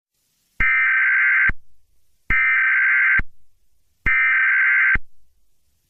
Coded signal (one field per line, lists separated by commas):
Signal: Emergency Alert System (SAME) tones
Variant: header bursts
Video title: (joke) EAS Scenario #20: Frickin bimbos...